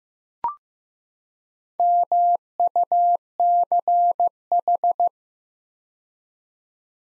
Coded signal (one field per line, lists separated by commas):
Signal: Morse code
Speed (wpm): 16 wpm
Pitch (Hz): 700 Hz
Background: none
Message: MUCH